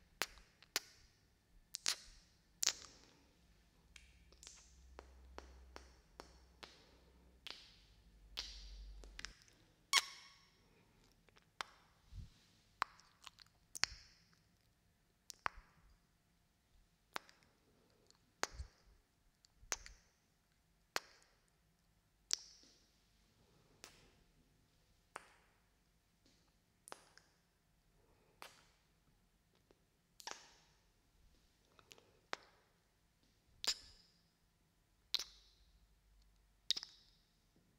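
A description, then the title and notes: Kiss sounds come as short, crisp smacking pops, one after another at an uneven pace of roughly one per second, clustered more tightly in the first ten seconds. A faint low hum sits underneath, with a soft deeper rumble between about three and nine seconds. ASMR BINAURAL KISS SOUNDS.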